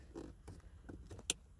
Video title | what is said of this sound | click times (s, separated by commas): 2006 FORD EXPLORER CLUSTER R&R | and locked into place just like that | 1.3 s